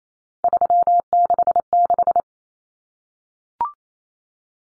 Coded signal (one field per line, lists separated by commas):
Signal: Morse code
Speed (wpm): 28 wpm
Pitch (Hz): 700 Hz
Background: none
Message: 366